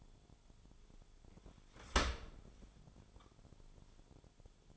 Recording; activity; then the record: daily activity, microphone in the room; open dishwasher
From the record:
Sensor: 5